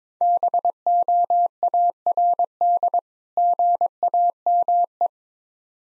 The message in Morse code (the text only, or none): BOARD GAME